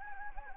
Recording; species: mosquito wingbeat signal from an infrared sensor; Anopheles gambiae